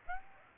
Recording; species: mosquito wingbeat signal from an infrared sensor; Aedes aegypti